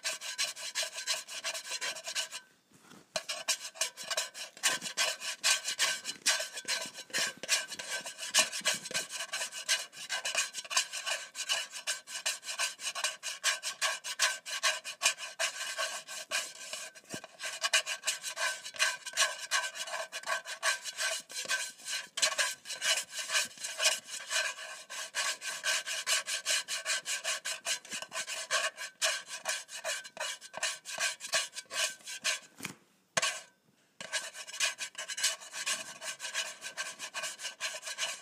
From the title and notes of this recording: ASMR Scratching a Can of Soup.